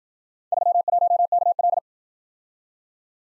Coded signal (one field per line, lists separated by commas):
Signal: Morse code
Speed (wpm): 52 wpm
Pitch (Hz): 700 Hz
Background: none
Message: 31KL